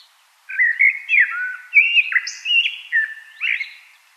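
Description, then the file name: Common blackbird singing one continuous run of rich, low fluty notes with slurred turns. A brief thin squeak rises above them midway. "Turdus merula"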